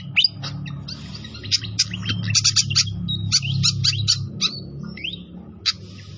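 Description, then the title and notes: Pied fantail song: a lively run of high chirps and thin whistles over a strong, continuous low rushing background. Training (masteran) recording of a clear-voiced pied fantail, made with the sound of flowing water. "Masteran Sikatan Kipas Suara Jernih Dan Suara Gemericik Air. Suara Burung Sikatan Londo"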